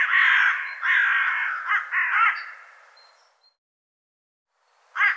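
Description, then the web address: Bird calls as drawn-out harsh caws, several run together, then a gap and one more raspy note at the end. "cianscape birddata"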